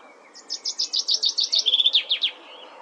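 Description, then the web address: Common chaffinch song: a rapid run of high repeated notes that steps lower into a quicker trill and closes with a brisk terminal flourish. "Deverinetal"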